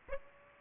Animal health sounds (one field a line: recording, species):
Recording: mosquito wingbeat signal from an infrared sensor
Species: Aedes aegypti